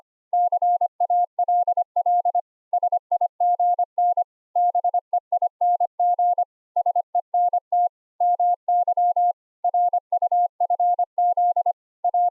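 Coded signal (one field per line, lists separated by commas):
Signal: Morse code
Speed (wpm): 25 wpm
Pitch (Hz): 710 Hz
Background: none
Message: CALL SIGN BEING SENT MY RUFZ A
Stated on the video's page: Morse code audio contact sent over IP through the Wire desktop app.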